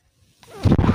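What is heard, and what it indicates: A rising, low-pitched rushing whoosh builds over half a second: the airflow of a person's own home mechanical ventilator delivering a breath.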